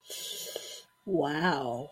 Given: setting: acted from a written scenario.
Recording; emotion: vocal sound without words; desire